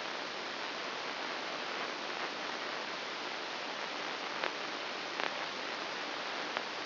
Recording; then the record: brain microelectrode recording played as sound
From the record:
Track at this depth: inside the subthalamic nucleus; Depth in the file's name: 2.804 mm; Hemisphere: right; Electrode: 2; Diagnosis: Parkinson's disease